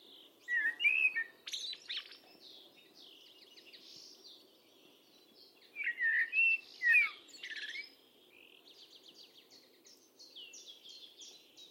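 A bird gives sweet whistled chirps and sharp upslurred notes in bursts, along with softer rapid high twittering, over a constant low background drone.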